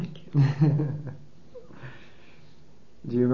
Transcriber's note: he laughs